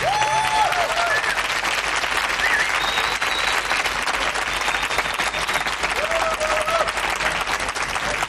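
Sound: audience applause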